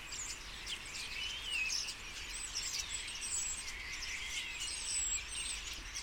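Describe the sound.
Common starlings calling together, a steady high chatter of squeaks and sliding whistles.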